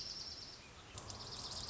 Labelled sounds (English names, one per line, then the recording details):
Dark-eyed Junco
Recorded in Sonoma County, California